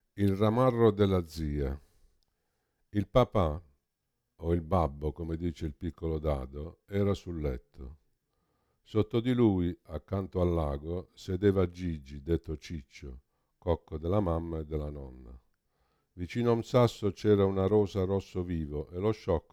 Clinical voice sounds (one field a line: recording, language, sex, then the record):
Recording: read passage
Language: Italian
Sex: male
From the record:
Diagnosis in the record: Parkinson's disease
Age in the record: 65 years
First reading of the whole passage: 52 s, 9.9 characters per second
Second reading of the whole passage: 50 s, 10.3 characters per second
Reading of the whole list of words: 40 s, 7.0 characters per second